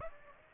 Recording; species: mosquito wingbeat signal from an infrared sensor; Aedes aegypti